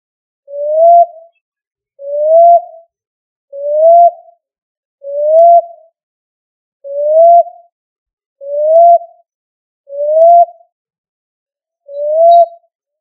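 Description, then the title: Pigeon giving a steady series of eight mellow, slightly upslurred coos, evenly repeated roughly every one and a half seconds in otherwise silent surroundings. "Columbidae Pomba"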